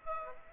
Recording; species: mosquito wingbeat signal from an infrared sensor; Aedes aegypti